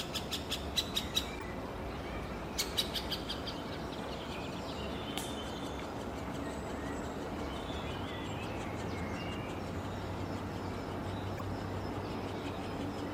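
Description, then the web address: Middle spotted woodpecker giving rapid clicking calls in two brief bursts early on, then quieter, against a constant low hum. Juvenile bird, Tivoli landscape park in Ljubljana, recorded 2 June 2022. "SREDNJI DETEL mladič 2022-06-02 LJUBLJANA Krajinski park Tivoli PICIFORMES Dendrocopos medius"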